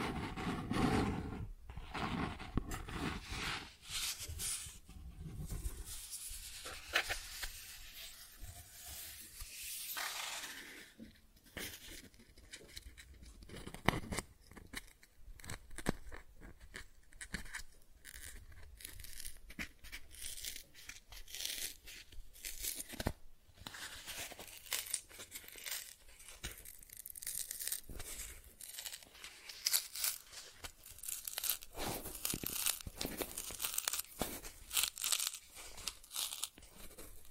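Cardboard being scratched, traced and torn, with rough, dense scraping strokes running through the whole clip. Sharp bright bursts and quick rasps come in irregular clusters, heaviest near the start and again from about 23 seconds on, between quieter patches of softer rubbing.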